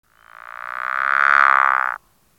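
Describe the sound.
Pickerel frog making one drawn-out, rapidly pulsed snoring croak that grows louder for nearly two seconds before ending suddenly.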